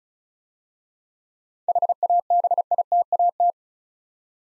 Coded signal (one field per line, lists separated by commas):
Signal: Morse code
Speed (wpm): 36 wpm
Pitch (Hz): 700 Hz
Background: none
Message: HABITAT